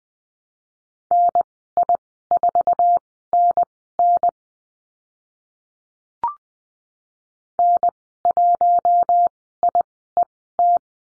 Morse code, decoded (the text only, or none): NI4NN N1IET